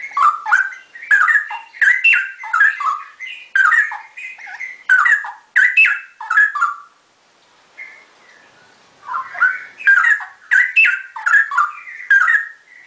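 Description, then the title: Oriental magpie-robin song: rapid whistled phrases mixing rising and falling notes with sharp chips, a brief pause midway, then the varied singing resumes. "Kicau Kacer"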